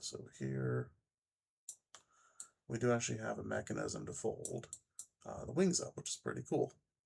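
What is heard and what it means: A wing on a 3D-printed plastic model ship is being handled, with a small ratchet in the hinge meant to let the wing pop into its folded-up position and stay up. Someone talks while short, sharp clicks of handling are heard, but the wing has not yet seated or clicked into place.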